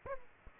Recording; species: mosquito wingbeat signal from an infrared sensor; Aedes aegypti